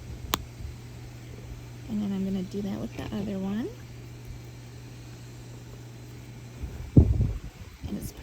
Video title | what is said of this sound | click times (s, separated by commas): How to crochet a mini pop-tart #crochet #howtocrochet #poptart | until I hear a nice little click | 0.3 s